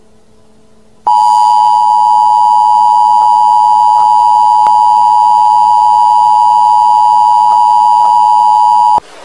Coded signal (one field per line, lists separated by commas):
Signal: Emergency Alert System (SAME) tones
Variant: 853 and 960 Hz attention tone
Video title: EAS Activation Emergency Alert system scary NUCLEAR ATTACK, OLD PAUL VOICE